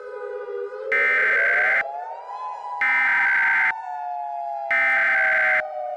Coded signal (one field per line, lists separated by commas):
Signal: Emergency Alert System (SAME) tones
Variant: header bursts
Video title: EAS: Spaceway-1